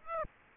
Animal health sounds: mosquito wingbeat signal from an infrared sensor; Aedes aegypti

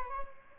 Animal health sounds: mosquito wingbeat signal from an infrared sensor; Aedes albopictus

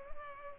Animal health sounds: mosquito wingbeat signal from an infrared sensor; Culex pipiens

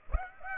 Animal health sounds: mosquito wingbeat signal from an infrared sensor; Aedes aegypti

